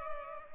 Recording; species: mosquito wingbeat signal from an infrared sensor; Culex pipiens